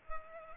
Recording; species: mosquito wingbeat signal from an infrared sensor; Culex pipiens